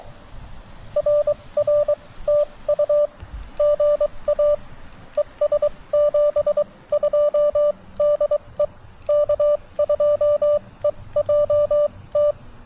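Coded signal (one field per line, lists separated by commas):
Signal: Morse code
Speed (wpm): 22 wpm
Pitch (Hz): 590 Hz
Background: none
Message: RR TU GA ES 72 DE K2EJT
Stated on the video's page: Parks on the Air CW activation from Chenango Valley State Park on a TX-500; poor, unsettled conditions after a solar flare, 20m short skip.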